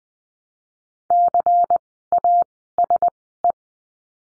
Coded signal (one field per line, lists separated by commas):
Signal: Morse code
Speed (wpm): 20 wpm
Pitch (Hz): 700 Hz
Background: none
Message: CASE